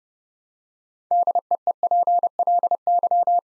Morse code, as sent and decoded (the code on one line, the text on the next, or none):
-.. . . .--. .-.. -.--
DEEPLY